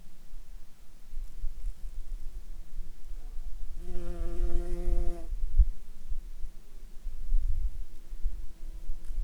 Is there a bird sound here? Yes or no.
no